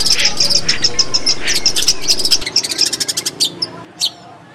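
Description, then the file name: Long-tailed shrike song: a quick run of sharp high chips, then a denser series of short notes, and one final chirp after a short pause. Simulated songbird contest recording. "simulasi-lomba-cendet 4-omkicau"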